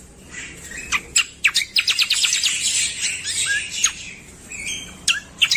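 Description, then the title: Streaked Spiderhunter with a busy run of sharp, high chips and short slurred notes, quick and irregular, packed closely together, then scattered calls. Clear, long, active song (gacor); tutoring recording (masteran) for birds. "Pijantung Gunung Gacor Jernih Panjang"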